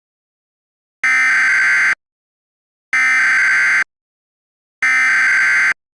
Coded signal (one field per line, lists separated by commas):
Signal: Emergency Alert System (SAME) tones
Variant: header bursts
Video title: EAS Scenario 3: Sarah's Rampage